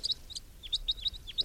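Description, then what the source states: Red Crossbill flight calls, clear, sharp downslurred kips repeated several times in quick succession against quiet background hiss. Type 3 bird, brown, circling and coming near, among a flock of about ten crossbills.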